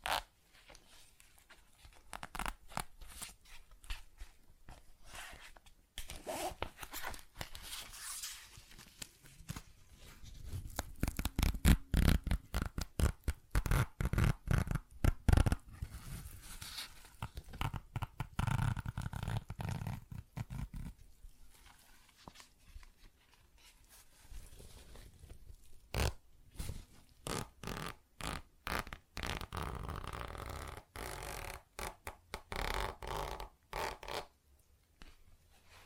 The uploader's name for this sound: ASMR Tapping, Scratching & Zipper Sounds